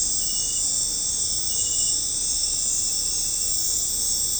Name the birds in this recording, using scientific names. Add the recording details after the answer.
none. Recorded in pastures near Puerto Asís, Putumayo, Colombia, on 18 December 2024 at 22:30. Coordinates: 0.496, -76.326. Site G004